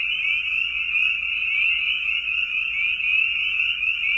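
Spring peeper chorus, a steady unbroken band of high peeping that overlaps into one continuous shrill ringing throughout.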